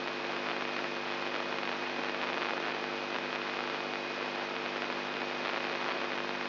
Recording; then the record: brain microelectrode recording played as sound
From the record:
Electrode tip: inside the subthalamic nucleus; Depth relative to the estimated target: -1 mm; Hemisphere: right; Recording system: AlphaMap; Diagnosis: Parkinson's disease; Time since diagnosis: 11 years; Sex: male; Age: 67 years